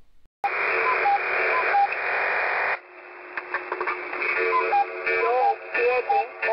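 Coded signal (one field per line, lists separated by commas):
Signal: numbers station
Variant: HM01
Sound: noisy shortwave audio with a voice-like warble and brief tones over hiss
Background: radio static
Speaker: you can hear the clock in the background it sounds like um OHS XP app let's play this video [Applause] now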